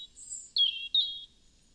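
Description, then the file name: European robin producing a faint high note, then two clear whistled phrases that each start sharply and slide downward. "Erithacus rubecula"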